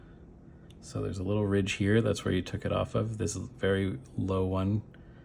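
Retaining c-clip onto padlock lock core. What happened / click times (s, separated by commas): Handled, not yet home: no seating click for the small clip / none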